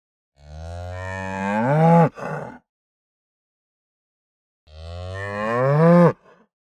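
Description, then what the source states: Cow giving two long drawn-out moos, each starting low and swelling upward before cutting off, separated by about two seconds of silence. Aggressive, slow moo.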